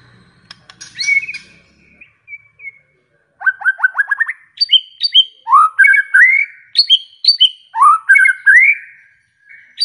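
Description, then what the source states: White-rumped shama song: rich whistled phrases, a run of quick rising notes, then varied fluting and upslurred whistles with high sharp accents, separated by short pauses. Lure recording of a vigorously singing bird, meant to draw a quick response from other birds.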